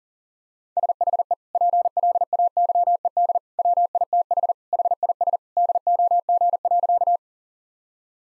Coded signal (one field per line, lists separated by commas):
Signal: Morse code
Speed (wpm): 40 wpm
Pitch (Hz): 700 Hz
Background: none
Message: SHE PLAYED WITH HIS DOG.